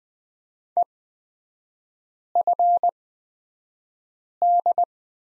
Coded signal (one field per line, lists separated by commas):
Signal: Morse code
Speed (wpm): 20 wpm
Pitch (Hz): 700 Hz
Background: none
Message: EFD